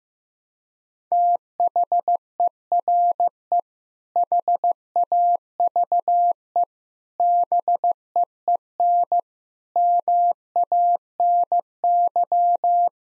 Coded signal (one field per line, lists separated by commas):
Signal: Morse code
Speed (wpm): 16 wpm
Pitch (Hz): 700 Hz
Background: none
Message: THERE HAVE BEEN MANY